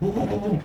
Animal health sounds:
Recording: contact call of a hoofed animal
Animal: goat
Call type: low-frequency (closed-mouth) or high-frequency (open-mouth) call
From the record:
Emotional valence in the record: negative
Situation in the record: food frustration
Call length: 0.65 s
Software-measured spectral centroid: 1190 Hz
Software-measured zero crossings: 830 a second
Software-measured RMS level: -24 dBFS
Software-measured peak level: -13 dBFS

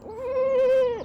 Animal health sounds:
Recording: contact call of a hoofed animal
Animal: goat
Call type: low-frequency (closed-mouth) or high-frequency (open-mouth) call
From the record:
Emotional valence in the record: negative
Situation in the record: short social isolation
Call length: 1.05 s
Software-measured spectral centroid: 1410 Hz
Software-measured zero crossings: 1050 a second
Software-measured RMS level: -23 dBFS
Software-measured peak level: -16 dBFS

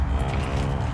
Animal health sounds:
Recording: contact call of a hoofed animal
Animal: cattle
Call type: low-frequency (closed-mouth) or high-frequency (open-mouth) call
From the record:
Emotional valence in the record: negative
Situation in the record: full separation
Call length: 0.95 s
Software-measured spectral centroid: 2030 Hz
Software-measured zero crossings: 980 a second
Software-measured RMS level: -24 dBFS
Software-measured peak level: -13 dBFS

